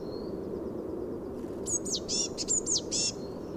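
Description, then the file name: Eurasian blue tit gives a quick run of sharp, high chattering notes after thin, repeated high whistles, with a steady low rumble beneath. "Cyanistes caeruleus"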